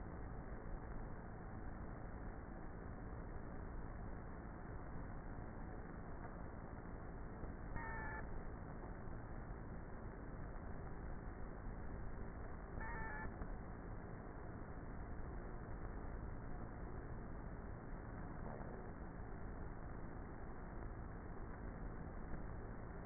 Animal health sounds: honeybee colony, microphone inside the hive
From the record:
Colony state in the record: queenless with a low population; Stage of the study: before two queens were removed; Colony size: about 30,000 bees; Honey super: no

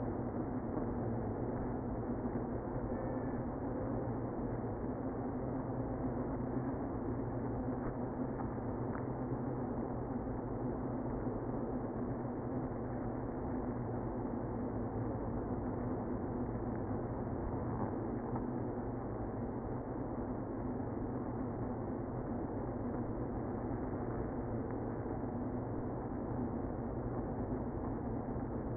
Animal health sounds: honeybee colony, microphone inside the hive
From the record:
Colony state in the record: queenless (queen removed); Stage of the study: after two queens were removed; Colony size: about 60,000 bees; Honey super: yes

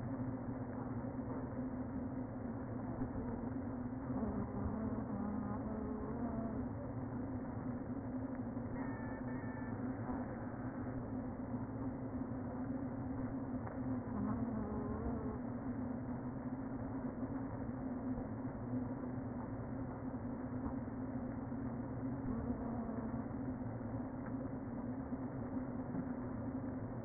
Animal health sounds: honeybee colony, microphone inside the hive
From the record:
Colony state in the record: queen present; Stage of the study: before two queens were removed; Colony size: about 60,000 bees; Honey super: yes

